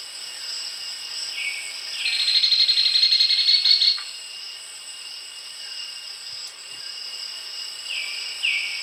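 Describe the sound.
Black-and-buff woodpecker giving a fast, high rattling trill for about two seconds, with a few short notes before and after, over a steady high insect drone.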